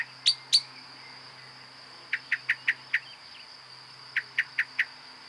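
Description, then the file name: Common blackbird giving sharp clicking chink calls, two loud notes, then a run of five and a run of four, over a steady high-pitched whine. "Turdus merula"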